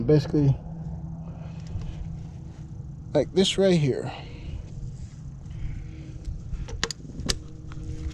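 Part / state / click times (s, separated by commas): short catch can hose quick-connect fitting onto engine port / seated / 6.8 s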